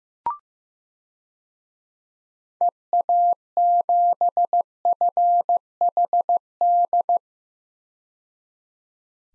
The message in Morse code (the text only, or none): EA7FHD